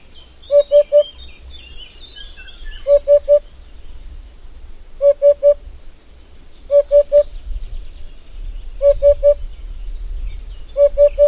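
Bird call, a quick triple of clear mid-pitched notes repeated about every two seconds, with faint higher chirps and low rumble in the background.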